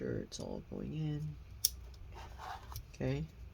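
Someone talks while fitting an internal component under the metal plate inside a Microsoft Surface Pro 4 1724 tablet, pressing it down toward the mainboard area. A sharp tap is heard at about 1.6 s, followed by quieter handling noises. Nothing has seated or clicked into place yet.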